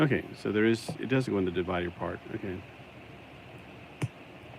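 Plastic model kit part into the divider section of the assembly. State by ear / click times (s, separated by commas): seated / 4.0 s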